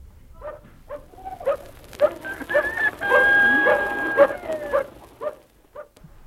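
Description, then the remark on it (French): A dog at the entrance of a farm barks over and over in short, sharp bursts, breaking into a longer, high, drawn-out yelping stretch midway before the barks pick up again. No one speaks. “Bien, ce chien qui nous a accueillis au seuil de la ferme,”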